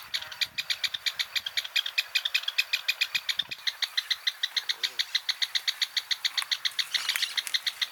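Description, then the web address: Great xenops delivering a fast, evenly spaced string of crisp notes, about six per second. "sound great-xenops. صدای-پرنده-درفش-نوک-بزرگ"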